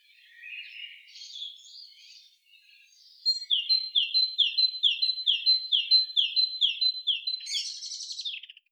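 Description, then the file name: Great tit: quiet, chattering notes lead into a steady series of ringing two-note phrases, high then lower, repeated rapidly before ending in a short buzzy burst. "Parus major"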